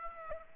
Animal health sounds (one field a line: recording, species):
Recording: mosquito wingbeat signal from an infrared sensor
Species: Aedes aegypti